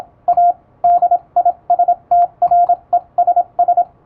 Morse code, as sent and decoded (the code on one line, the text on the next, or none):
.- / -.. .. ... - .-. . ... ...
A DISTRESS